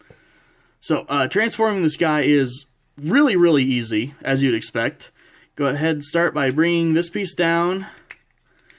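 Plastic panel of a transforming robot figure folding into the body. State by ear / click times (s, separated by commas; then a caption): seated / 8.1 s. Someone talks while transforming a plastic transforming robot figure, bringing a plastic panel down to fold into the body. A sharp click at 8.1 seconds marks the panel seating into place, followed by a few faint plastic taps.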